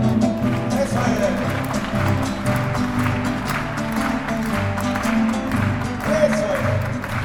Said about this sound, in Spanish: Si ustedes me acompañan con las palmas, dice... A ver...